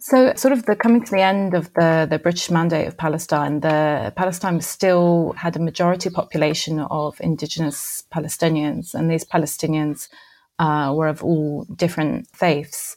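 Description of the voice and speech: An adult woman speaks clearly and fluently in a quiet room, with normal pitch, rhythm and brief natural pauses.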